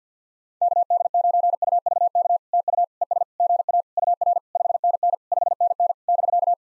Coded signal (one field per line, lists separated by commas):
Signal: Morse code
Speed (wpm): 53 wpm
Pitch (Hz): 700 Hz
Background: none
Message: KD9UVK TU ES GA UR 5NN 5NN <BK>